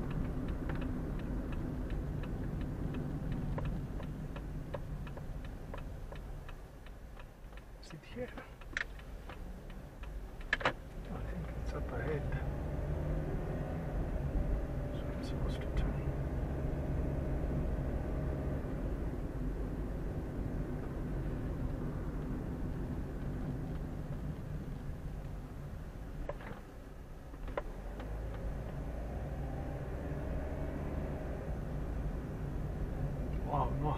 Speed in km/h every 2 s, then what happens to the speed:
29, 24, 14, 4, 4, 7, 17, 24, 29, 31, 30, 26, 14, 7, 13, 18, 22.
0-6 brakes to 4. 6-17 speeds up to 31. 17-26 slows to 7. 26-34 speeds up to 22.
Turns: none.